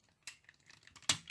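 A plastic robot-toy limb is hooked into the foot port and its small ratcheting screw joint is worked, giving a sharp click at 0.3 s and a louder one at 1.1 s, with faint ticks in between. The leg joint clicks into place and holds.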